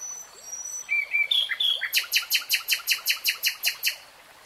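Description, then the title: Nightingale song: a few thin whistles and brief lower notes, then a loud, even run of about a dozen rapid clicking, rattling notes. Singing in real time. "[Tiếng chim hót] Nightingale Singing"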